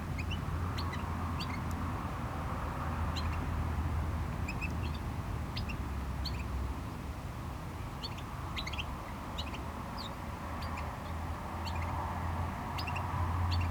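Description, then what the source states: Small bird chirping in quick, uneven bursts of high sharp notes, with a continuous low wash of waves and cars beneath. Small bird in a bush by the GC-200 road, Agaete, Las Palmas, Spain; distant cars and waves audible; recorded with DPA-2006c AB pair into a MixPre-3.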